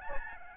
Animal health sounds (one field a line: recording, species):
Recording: mosquito wingbeat signal from an infrared sensor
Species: Aedes albopictus